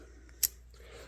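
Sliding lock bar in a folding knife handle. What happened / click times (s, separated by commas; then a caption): The sliding lock bar released with a click / 0.5 s. A sliding lock bar in the handle of a folding knife with an axis-style sliding bar lock is slid back to unlock the blade. One sharp, bright click is heard at 0.4 s against a quiet background, and the slide lock is released.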